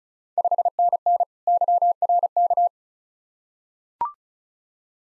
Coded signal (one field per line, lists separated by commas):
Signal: Morse code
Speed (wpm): 34 wpm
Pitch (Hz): 700 Hz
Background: none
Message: 5NN YRK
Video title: Ontario QSO Party Exchange 35wpm